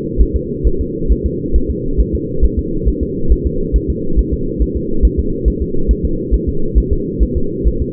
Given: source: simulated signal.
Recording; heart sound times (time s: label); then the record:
fetal heart sounds
0.22 s: S1
0.36 s: S2
0.67 s: S1
0.81 s: S2
1.12 s: S1
1.26 s: S2
1.56 s: S1
1.71 s: S2
2.00 s: S1
2.15 s: S2
2.45 s: S1
2.59 s: S2
2.89 s: S1
3.03 s: S2
3.32 s: S1
3.47 s: S2
3.76 s: S1
3.90 s: S2
4.19 s: S1
4.34 s: S2
4.62 s: S1
4.77 s: S2
5.05 s: S1
5.20 s: S2
5.48 s: S1
5.62 s: S2
5.91 s: S1
6.05 s: S2
6.34 s: S1
6.49 s: S2
6.78 s: S1
6.93 s: S2
7.23 s: S1
7.37 s: S2
7.68 s: S1
7.82 s: S2
From the record:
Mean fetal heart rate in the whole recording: 135 bpm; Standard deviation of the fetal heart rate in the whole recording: 3 bpm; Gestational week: 34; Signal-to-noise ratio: -8.1 dB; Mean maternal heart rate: 72 bpm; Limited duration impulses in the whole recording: absent